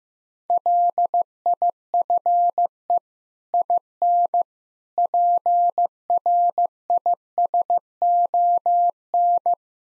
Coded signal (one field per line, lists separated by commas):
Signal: Morse code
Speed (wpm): 15 wpm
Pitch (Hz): 700 Hz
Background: none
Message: LIFE IN PRISON